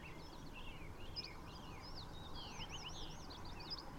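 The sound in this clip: Bird song: scattered high twittering and short slurred chirps over a steady low rumble of background noise.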